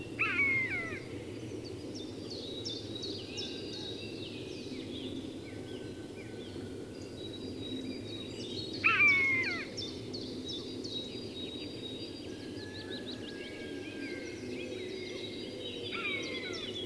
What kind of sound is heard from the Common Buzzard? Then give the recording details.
call. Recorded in the wild. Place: Parchtitz, Insel Rügen, Mecklenburg-Vorpommern, DE. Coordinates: 54.342, 13.555. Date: 1976-05-08 06:10. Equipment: Nagra III BH, Sennheiser MD 21, parabola. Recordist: Schubert, Michael